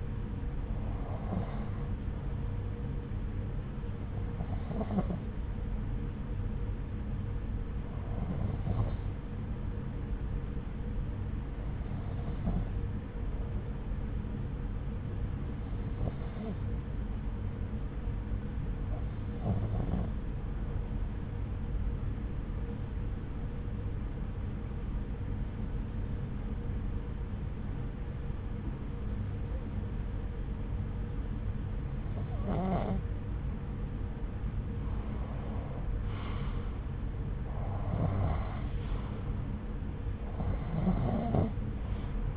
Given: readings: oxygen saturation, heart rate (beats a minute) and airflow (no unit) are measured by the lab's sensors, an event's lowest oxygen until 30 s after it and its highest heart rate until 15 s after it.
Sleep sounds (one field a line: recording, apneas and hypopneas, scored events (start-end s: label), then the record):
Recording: breathing in sleep by a smartphone at the bedside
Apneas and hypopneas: 1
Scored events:
12.00-35.80 s: hypopnea (N2, oxygen 93% highest, then 89% lowest)
26.00-42.37 s: new sleep stage, N1 (lightest sleep)
From the record:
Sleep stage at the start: N2 (light sleep)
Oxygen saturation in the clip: 91 to 93%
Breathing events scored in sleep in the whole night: 303 in 8.1 hours asleep